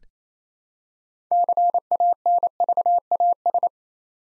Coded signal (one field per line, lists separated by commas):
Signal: Morse code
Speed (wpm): 27 wpm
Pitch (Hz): 700 Hz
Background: none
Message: CANVAS